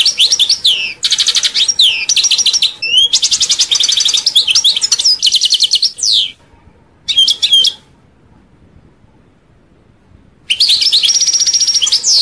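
European goldfinch song, long runs of rapid liquid twitters and trilled notes, pausing briefly and for about three seconds before another twittering burst.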